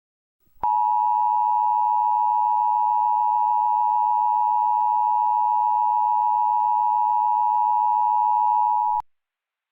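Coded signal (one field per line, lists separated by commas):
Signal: Emergency Alert System (SAME) tones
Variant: 853 and 960 Hz attention tone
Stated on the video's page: Fictional EAS scenario; the tones were made with a Python EAS generator and edited in audio software.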